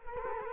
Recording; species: mosquito wingbeat signal from an infrared sensor; Culex quinquefasciatus